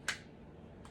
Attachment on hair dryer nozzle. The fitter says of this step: can essentially move it any direction and it comes off with an easy click